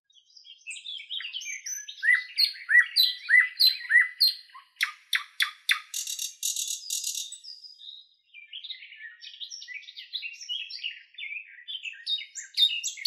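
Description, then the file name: Nightingale song: varied phrases of rich whistles, rapid clicking rattles and a dense buzzy trill, with fluty downslurred notes, after a short pause more varied chattering notes. "solovey long"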